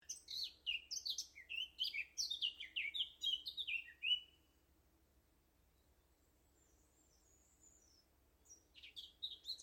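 Eurasian blackcap warbling in a quick run of varied, sliding notes for about four seconds, followed by near silence with a faint thin high note, then a brief renewed burst.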